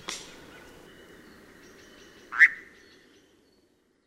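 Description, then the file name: European nightjar giving one sharp, rising call partway through, after a faint brief note at the start, over quiet background hiss. "Lelek"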